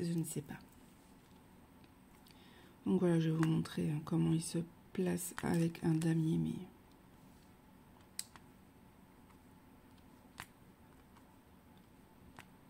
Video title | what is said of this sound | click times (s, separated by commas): DIAMOND PAINTING/BLABLA première impression MYTH OF ASIA #diamondpainting #mythofasia #impression | ça s'entend ça ne se clipse pas mais ça je m'en doutais c'était pas | none